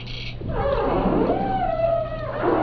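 Whale call: a long tonal moan gliding slightly upward then holding steady, with fainter higher harmonics, over a constant low hum and wash of background noise.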